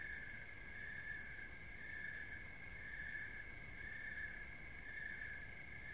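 Cricket chorus: continuous high ringing tone swelling in regular pulses about every second, with low-pitched rumble underneath.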